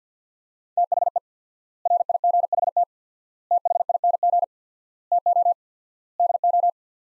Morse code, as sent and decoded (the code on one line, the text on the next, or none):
- .... . / .-. .. --. .... - / - .... .. -. --. / - --- / -.. ---
THE RIGHT THING TO DO